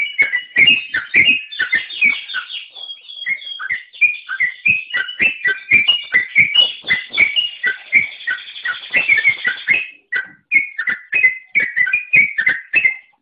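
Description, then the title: Oriental magpie-robin singing a long, varied stream of rich whistles and warbled notes, rapid and continuous, with a few brief pauses near the end. "Kicau Kacer"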